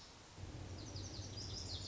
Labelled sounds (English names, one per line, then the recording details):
Lazuli Bunting
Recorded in Sonoma County, California